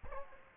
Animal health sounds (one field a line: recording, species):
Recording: mosquito wingbeat signal from an infrared sensor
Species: Aedes aegypti